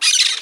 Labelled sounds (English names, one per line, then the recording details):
Brown-throated Parakeet contact call
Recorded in Margarita
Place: San Francisco, near stadium
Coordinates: 11.018, -64.294